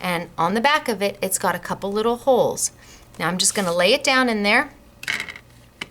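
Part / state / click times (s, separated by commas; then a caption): green embossing plate into base plate of an embossing system / seated / 5.8 s. Someone talks while laying a green plastic embossing plate into the hinged base plate of an embossing system, followed by soft handling taps from about 5.0 to 5.4 seconds. The plate is pressed down and clicks in at 5.8 seconds, seated so it is in and doesn't move.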